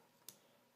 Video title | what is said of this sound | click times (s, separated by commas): DIY Scopecam / NightVision Part 1 | it and it locks into place | 0.3 s